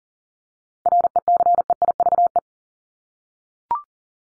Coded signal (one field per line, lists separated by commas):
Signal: Morse code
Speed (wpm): 40 wpm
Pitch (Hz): 700 Hz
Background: none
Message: RECEIVE